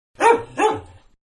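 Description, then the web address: Dog giving two quick, mid-pitched barks in close succession, the second slightly longer and trailing off, with no other sounds. "Manhattan Production Music. Two Barks"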